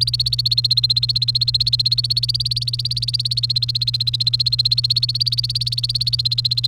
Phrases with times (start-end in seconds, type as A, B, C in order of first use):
0.00-6.67 A